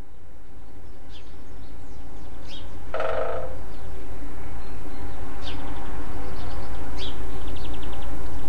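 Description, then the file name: Great spotted woodpecker drumming, a single quick burst of taps about three seconds in, with faint thin bird calls after it and a low constant rumble. Drumming; dated 5 04 07 (5 April 2007); recorded with an MZ-N710 device. "Pic epeiche tambourinant 5 04 07"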